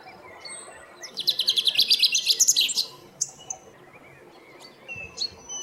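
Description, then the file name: Common chaffinch song: a rapid, high trill of repeated notes that ends in a short flourish, followed by a few faint, scattered chirps. "Fringilla coelebs"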